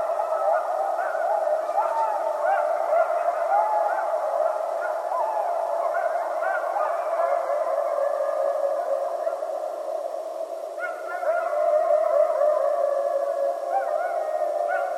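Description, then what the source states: Coyotes howling together, drawn-out overlapping wails with small wavering slides, a fresh higher howl entering near the eleven-second mark. Several coyotes recorded on 15 January 2012.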